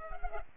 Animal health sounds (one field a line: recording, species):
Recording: mosquito wingbeat signal from an infrared sensor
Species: Culex pipiens